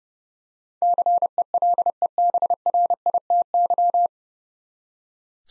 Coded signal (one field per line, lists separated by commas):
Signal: Morse code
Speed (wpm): 30 wpm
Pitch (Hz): 700 Hz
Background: none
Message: CELEBRITY